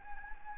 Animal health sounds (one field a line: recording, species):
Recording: mosquito wingbeat signal from an infrared sensor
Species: Anopheles arabiensis